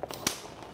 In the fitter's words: as you lift the support rod with your right hand push down with your thumbs and you should hear the rod lock into place